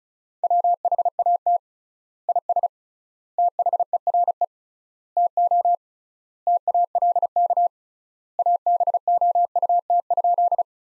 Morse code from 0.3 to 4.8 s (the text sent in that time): WHAT IS THERE